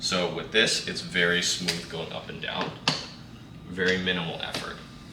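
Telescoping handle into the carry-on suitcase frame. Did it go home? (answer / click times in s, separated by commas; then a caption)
no / none. Someone talks while sliding the telescoping metal handle of a Tumi Alpha 3 Continental Dual Access carry-on suitcase up and down in its frame, with a brief sharp handling sound near 2.9 s. Nothing has seated or clicked yet; the handle has not locked in place by the end of the clip.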